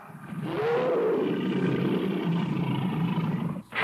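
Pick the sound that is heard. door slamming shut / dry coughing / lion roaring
lion roaring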